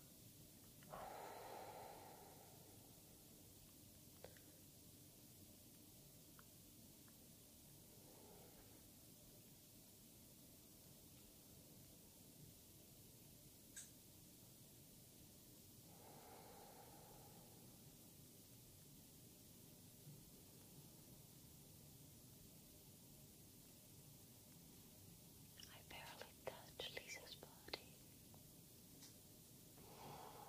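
A steady hiss and low rumble run throughout a shoulder massage. Soft rubbing strokes rise out of it every several seconds, near 1, 8, 16 and 30 seconds, and a quick cluster of sharp taps and clicks comes around 25 to 28 seconds.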